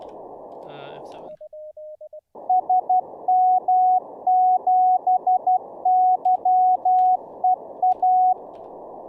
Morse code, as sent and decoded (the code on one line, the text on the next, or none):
... -- --... -.-- . .-
SM7YEA